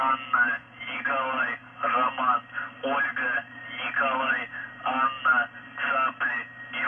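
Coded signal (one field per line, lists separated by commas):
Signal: numbers station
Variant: UVB-76 voice message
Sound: a voice reading short, evenly paced words over a narrow radio channel with low hum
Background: radio static and hum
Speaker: But now and again, it does change, and they do use it to send messages. We think to secret operatives out around the globe, because these transmissions do travel really far. So here's an example of that.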